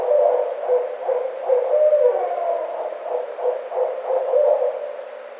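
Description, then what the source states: Barred owl giving a run of throaty hoots in quick succession, the notes rising and falling in an excited, uneven series. Recorded on 9 April 2009.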